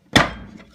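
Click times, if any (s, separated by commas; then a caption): 0.2 s. After being lined up, the slide release lever is pushed into the frame of a Glock 27 pistol during a Ghost Ultimate 3.5 trigger connector install. A loud, sharp snap rings out at 0.2 s and fades over the following half second. The slide release is seated in the frame.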